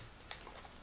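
A snap fastener cap is pressed into its socket, the stud with the centre peg, on the folded-down leather flap of a finished leather and canvas forager's pouch. A short sharp click sounds at 0.3 s, then fainter ticks follow against a quiet background. The snap seats and closes.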